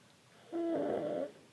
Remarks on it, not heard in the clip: You can hear my son snoring. The little baby snores.